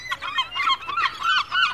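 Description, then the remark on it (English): Seabirds call over one another in a steady chorus over a coastal town, Lyme Regis on the Dorset coast, on a cold day, harsh, wavering cries rising and falling in pitch with barely a pause, fairly loud and with no voices. “A little less of the bird life, please.”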